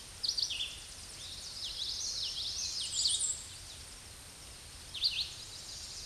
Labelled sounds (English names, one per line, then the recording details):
Common Yellowthroat song
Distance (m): 25 m
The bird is about 5 m above the microphone
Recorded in a Pennsylvania forest on 16 May 2024 at 08:00
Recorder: AudioMoth, point MSD-2304
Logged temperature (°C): 16.0 °C
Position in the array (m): 226 m, 181 m